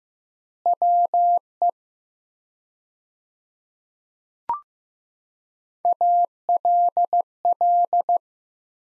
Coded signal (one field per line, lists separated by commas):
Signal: Morse code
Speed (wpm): 15 wpm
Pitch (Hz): 700 Hz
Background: none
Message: WE ALL